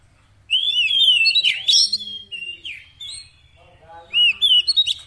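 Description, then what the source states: Oriental magpie-robin pouring out loud, sweet whistled phrases with rapid slurs and trills, over a low steady hum. Fill-in (isian) training song meant to make a bird sing constantly (gacor) day and night.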